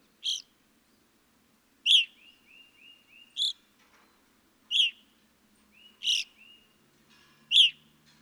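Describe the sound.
Evening grosbeak giving six loud call notes, some followed by short series of soft, even chirps.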